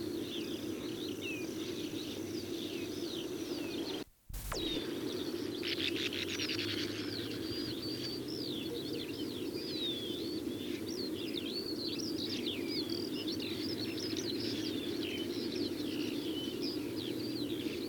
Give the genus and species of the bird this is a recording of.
Riparia riparia